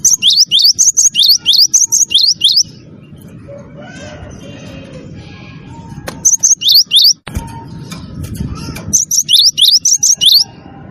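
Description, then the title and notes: Bird delivering a long run of rapid high chirps, then a gap of low noise, then two shorter runs. Melodious bird sound used as a phone ringtone. "ND Burung. Nada Dering Burung Dengan Suara Merdu"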